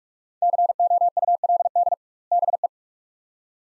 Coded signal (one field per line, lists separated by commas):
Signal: Morse code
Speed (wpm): 46 wpm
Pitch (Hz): 700 Hz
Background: none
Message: COULD BE